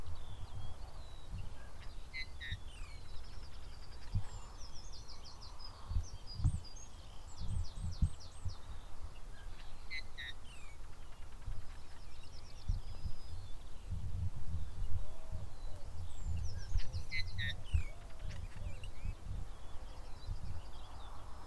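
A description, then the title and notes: Bullfinch song and calls, soft piping notes and quick chirping bursts recurring every few seconds over a steady low rumble of wind. BIRD SOUNDS FROM THE FIELD. BULLFINCH SONG AND CALLS. Listen to this not so shy and very vocal Bullfinch. Monitoring around the farmer's fields, and I come across this beauty.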